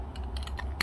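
A metal fountain pen cap is pushed onto the back end of a brass fountain pen barrel to post it. Light ticking contact sounds come first, and then a sharp click at 0.8 s as the cap seats onto one of the barrel's grooves. The posted cap fits securely.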